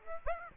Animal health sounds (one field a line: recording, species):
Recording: mosquito wingbeat signal from an infrared sensor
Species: Aedes aegypti